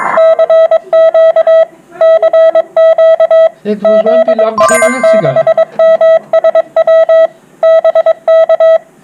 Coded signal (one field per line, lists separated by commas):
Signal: Morse code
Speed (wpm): 23 wpm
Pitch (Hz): 650 Hz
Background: none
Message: CQ CQ ZS6MSW BK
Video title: CW Morse Code Group Chats, Sunday 25th July 2021